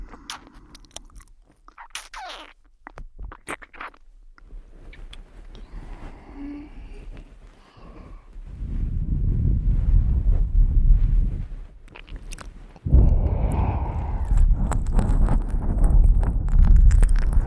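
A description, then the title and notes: Eating: crisp bites and crunchy chewing, scattered at first, then dense, loud low chewing from about 9 seconds and again after 13. ASMR Fast Ear Eating.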